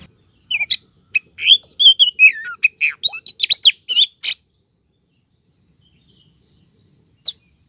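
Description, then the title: Bird song, a quick jumble of chirps and twittering whistles over about four seconds, then near silence broken by one last sharp chirp. "Kicau Burung"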